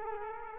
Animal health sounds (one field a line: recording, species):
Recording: mosquito wingbeat signal from an infrared sensor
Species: Culex quinquefasciatus